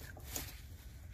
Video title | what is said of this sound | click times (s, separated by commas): Ford Escape P0496 Code 2.0 Turbo Evap High Purge Flow Canister Solenoid 2019 and Others Similar | there you go okay now that's locked into place | 0.4 s